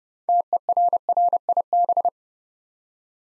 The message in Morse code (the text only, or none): TERRIB